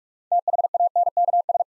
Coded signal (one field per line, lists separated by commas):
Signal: Morse code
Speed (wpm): 44 wpm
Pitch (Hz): 700 Hz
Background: none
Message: THANKS